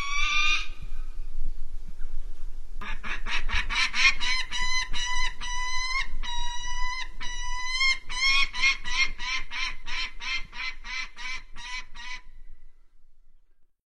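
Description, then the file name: Common kestrel with a brief harsh call, a pause, then a long run of ringing notes repeated about three to four times a second. "Canto do falcao europeu"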